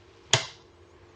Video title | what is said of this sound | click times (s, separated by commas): RV Basics - Breaker and Fuse Panel | then back up into the on position and when you push it up you can actually hear it click | 0.3 s